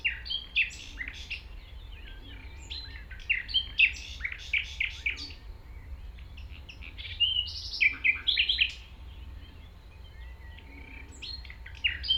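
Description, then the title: Common nightingale singing varied phrases of harsh chips, whistles and quick trills in irregular bursts, with a brief lull near the end; soft background rumble. Singing in tall grass at Chindrieux, France, approached on foot by the recordist; deaf to outside noise while singing. "195 Rue de Vars, 73310 Chindrieux, France - approche d'un rossignol"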